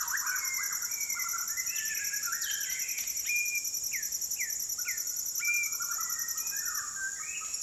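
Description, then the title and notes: White-crowned shama whistles: clear flat notes and several short downslurred calls, over a steady ringing insect chorus. Several birds giving fluting calls in a dusk chorus at sunset over a rainforest valley in Maliau NP, Borneo; recorded with Sony PCM D10, Lom MikroUsi mics and BubbleBee Windbubbles. "Borneo Rainforest - Evening - Dusk Chorus With Shama. The fluting calls of White-crowned shamas fill the valley as the sun sets over the jungles of Maliau NP, Borneo"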